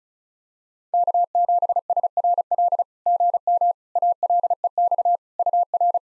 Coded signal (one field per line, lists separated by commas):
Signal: Morse code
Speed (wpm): 36 wpm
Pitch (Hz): 700 Hz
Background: none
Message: K7SRL GM ALEX UR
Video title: SOTA QSO Practice 35wpm